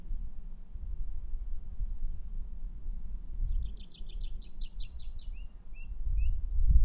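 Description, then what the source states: Pipit song: a fast series of repeated high notes followed by several clear slurred whistles, over low background rumble. Recorded 2 May 2009.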